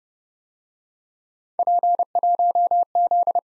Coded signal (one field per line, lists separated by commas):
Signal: Morse code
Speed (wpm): 29 wpm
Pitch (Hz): 700 Hz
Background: none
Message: P1Z